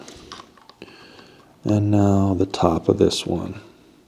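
The top screw of a replacement front arm hinge is driven into the plastic body of a DJI Mini 4 Pro drone with a small electric screwdriver, giving a few faint ticks and taps in the first second before someone talks. The screw is still being handled and nothing has seated or snugged down yet.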